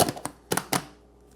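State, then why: Not seated. A plastic chopper bowl and lid attachment is twisted and pressed onto the motor unit of a Braun MultiQuick 7 immersion blender in an attempt to lock it. Short rattling plastic contacts sound at about 0.0, 0.1, 0.3, 0.5, 0.6 and 0.7 seconds, then fade to quiet. The attachment has not locked, and no lock click is heard.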